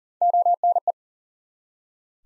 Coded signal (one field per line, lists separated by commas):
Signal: Morse code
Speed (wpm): 39 wpm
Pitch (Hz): 700 Hz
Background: none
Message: ONE